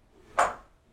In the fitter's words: you hear that click as the claw goes over the spring and then let go the door and